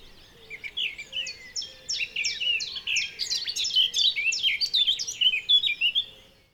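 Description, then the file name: Eurasian blackcap song, a lively stream of quick twittering notes building into louder, repeated clear whistles before fading out. "Sylvia atricapilla"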